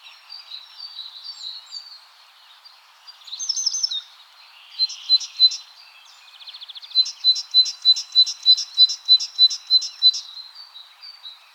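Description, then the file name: Great tit calls: soft high chirps and a short buzzy burst, then a clear run of sharp, evenly repeated high notes about three a second. "Parus major"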